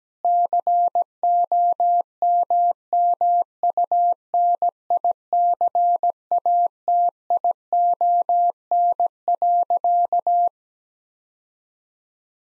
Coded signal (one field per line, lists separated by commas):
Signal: Morse code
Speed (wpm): 17 wpm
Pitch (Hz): 700 Hz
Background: none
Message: COMMUNICATION.